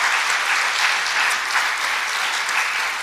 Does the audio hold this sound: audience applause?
yes